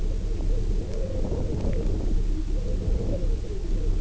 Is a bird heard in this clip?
no